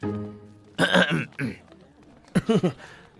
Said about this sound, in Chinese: 两人正忘情，不远处一声咳嗽，啊，来客了。